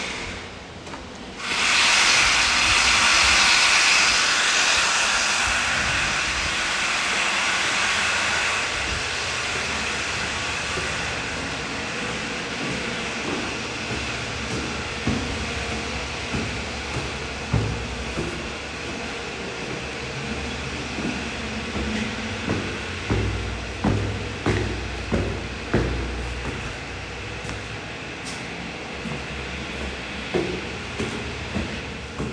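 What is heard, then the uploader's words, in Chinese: Noise from a construction site. A loud, bright hiss bursts in near the start and slowly dies away over several seconds, leaving a steady machine rumble. In the second half, sharp knocks and clanks repeat at a regular pace, about once a second. 景安工地。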